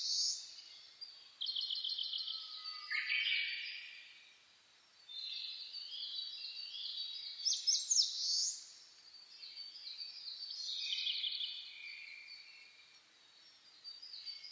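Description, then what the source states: Dawn chorus of birds, dense overlapping trills and chatter, a down-slurred whistle early on and a loud rattling phrase near the middle. Dawn chorus (reimei, saezuri) recorded on 10 May 2010 at 04:01.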